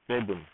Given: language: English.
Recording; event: throat vibration sensor signal played as sound; speech